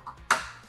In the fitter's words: these ones close downwards you might have some that close inwards like that but you'll just want to get it locked in place there that way it's not going anywhere once it's up